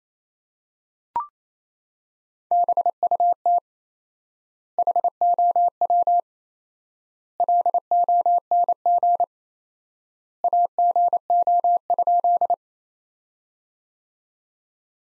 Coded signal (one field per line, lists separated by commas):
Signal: Morse code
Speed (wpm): 28 wpm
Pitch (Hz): 700 Hz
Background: none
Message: BUT HOW LONG AGO?